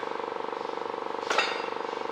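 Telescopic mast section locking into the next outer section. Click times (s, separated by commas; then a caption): 1.3 s, 1.4 s. The fourth section of a pneumatic telescopic metal mast is raised by air to its maximum height, with a steady pulsing hum heard throughout. A sharp metallic click sounds at 1.3 s and another at 1.4 s as the section's lock engages in the next outer section. The section is seated and locked at full extension.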